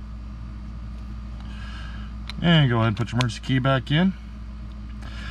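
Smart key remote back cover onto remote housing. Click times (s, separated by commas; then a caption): 2.3 s. The smart key remote back cover for a 2020 Chevrolet Traverse 4 button smart key remote is squeezed by hand onto the remote housing after the coin battery is replaced, lining up the two plastic halves until the case snaps together. A sharp click is heard at 2.3 s, followed by someone talking over a steady low hum. The shell is seated and snapped shut.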